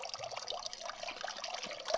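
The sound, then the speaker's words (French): Water from the Chaillot fountain splashes in a steady, continuous rush, a bright, hissing wash of falling water with small flickering splashes and no pauses or voices. “Vous entendez la fontaine.”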